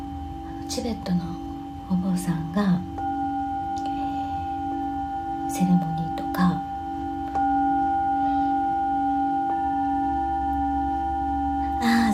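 A singing bowl hums with a steady, sustained low ring and several pure high tones that hold on throughout. Short soft knocks and brushing sounds come and go, clustered near the start, around six seconds, and at the very end, while a faint low rumble sits underneath.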